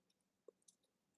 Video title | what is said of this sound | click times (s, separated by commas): Midsummer Dream Yard part 2 | But for some reason, it's not snapping into place. I've no idea why it's not doing that. | none